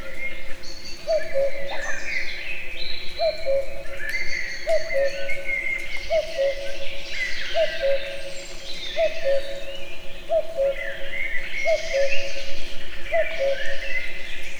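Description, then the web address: Common cuckoo repeating its low two-note cu-coo nine times at a steady pace of roughly one and a half seconds, with many songbirds warbling and whistling above. Recorded in nature near the Eger tourist house, with calls heard both far and near. "allathangok termeszetben kakukk tavolieskozeli egerturistahaz"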